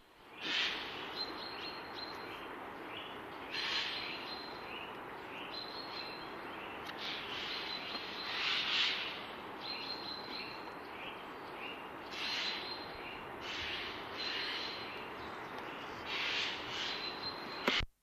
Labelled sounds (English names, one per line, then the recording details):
Eurasian Jay song
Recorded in the wild
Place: Oberstdorf, Bayern, DE
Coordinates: 47.38, 10.2969
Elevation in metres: 881
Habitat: mountains
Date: 1977-03-20
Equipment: Nagra IV, Sennheiser MKH 405, Parabolreflektor
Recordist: Tretzel, Erwin